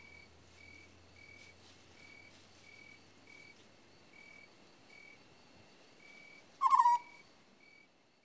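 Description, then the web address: African scops owl giving one short purring trill late, with a regular pulsing insect call running throughout and low background hiss. "The BBC Sound Effects Library. African Scops Owl"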